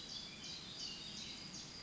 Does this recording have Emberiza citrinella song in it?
no